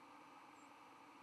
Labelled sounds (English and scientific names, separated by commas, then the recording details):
White-throated Sparrow (Zonotrichia albicollis) flight call
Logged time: 05:39 on 11 November 2014